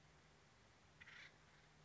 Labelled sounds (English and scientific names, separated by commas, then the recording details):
Acorn Woodpecker (Melanerpes formicivorus)
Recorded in Sonoma County, California